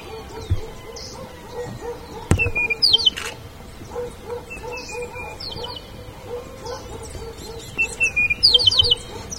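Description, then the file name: Bird calls, short bright descending chirp bursts repeated every few seconds, with a sharp click early on and a faint low pulsing hum. "SABIOD 50 bird 2015"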